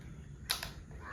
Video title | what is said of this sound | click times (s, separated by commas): ഒരുവർഷം warranty കിടിലൻ കാർവാഷർ #youtube #malayalam #viralvideo | gun നമുക്ക് ഇവിടെ ലോക്ക് ചെയ്തിടാൻ കൂടി ഒരു സെറ്റപ്പ് ഉണ്ട് ഇങ്ങനെ അടിച്ചാൽ ലോക്ക് ആവും | 0.5 s